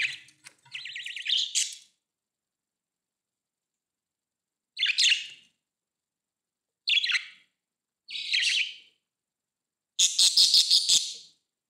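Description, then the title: Budgerigar chirps: a scratchy warbled burst, then short separate buzzy chirps spaced a few seconds apart, ending in a rapid raspy chatter. "Budgie Sounds"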